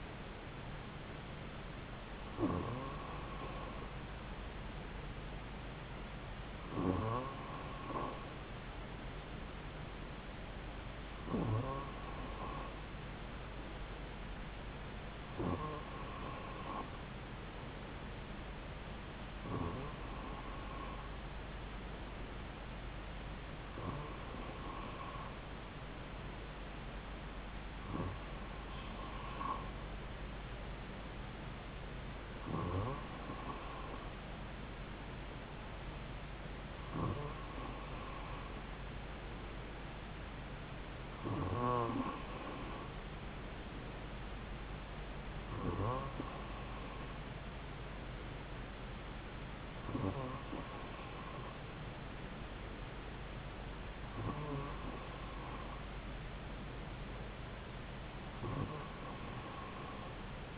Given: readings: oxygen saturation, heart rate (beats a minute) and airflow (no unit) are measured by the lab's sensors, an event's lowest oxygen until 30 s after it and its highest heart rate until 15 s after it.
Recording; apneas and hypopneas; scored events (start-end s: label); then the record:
breathing in sleep by a voice recorder at the bedside; none
none scored
From the record:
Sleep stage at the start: N2 (light sleep); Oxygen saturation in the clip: 94%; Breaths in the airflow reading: 14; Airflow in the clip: -2.7 to 2.2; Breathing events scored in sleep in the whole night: 270 in 6.1 hours asleep